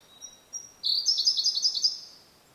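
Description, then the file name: Siberian blue robin song: two thin, pure high whistles, then a fast, dry rattling trill of repeated notes lasting about a second, on a quiet background. "koruri"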